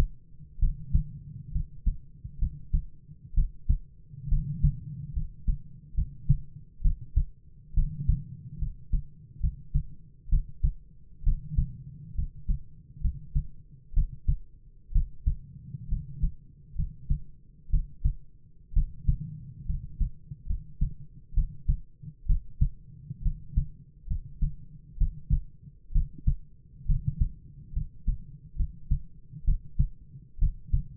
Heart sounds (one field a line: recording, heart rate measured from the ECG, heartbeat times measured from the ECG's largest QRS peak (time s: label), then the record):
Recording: heart sounds by stethoscope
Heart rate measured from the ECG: 66 bpm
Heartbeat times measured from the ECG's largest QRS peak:
0.58 s: heartbeat
1.51 s: heartbeat
2.38 s: heartbeat
3.33 s: heartbeat
4.28 s: heartbeat
5.12 s: heartbeat
5.94 s: heartbeat
6.81 s: heartbeat
7.73 s: heartbeat
8.58 s: heartbeat
9.40 s: heartbeat
10.29 s: heartbeat
11.23 s: heartbeat
12.14 s: heartbeat
13.00 s: heartbeat
13.93 s: heartbeat
14.91 s: heartbeat
15.88 s: heartbeat
16.75 s: heartbeat
17.69 s: heartbeat
18.72 s: heartbeat
19.65 s: heartbeat
20.46 s: heartbeat
21.33 s: heartbeat
22.25 s: heartbeat
23.21 s: heartbeat
24.06 s: heartbeat
24.97 s: heartbeat
25.91 s: heartbeat
26.85 s: heartbeat
27.72 s: heartbeat
28.55 s: heartbeat
29.44 s: heartbeat
30.38 s: heartbeat
From the record:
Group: healthy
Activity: rest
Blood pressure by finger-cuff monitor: 94/50 mmHg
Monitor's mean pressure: 59 mmHg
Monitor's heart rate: 65 bpm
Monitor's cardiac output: 7.4 L/min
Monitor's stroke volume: 112 mL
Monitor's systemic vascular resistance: 560 dyn s/cm5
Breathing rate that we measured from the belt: 16 breaths a minute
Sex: male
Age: 22 years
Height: 185 cm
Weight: 112.4 kg